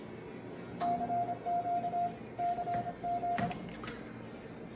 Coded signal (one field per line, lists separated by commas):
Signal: Morse code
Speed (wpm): 25 wpm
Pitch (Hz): 700 Hz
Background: radio noise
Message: CQ CG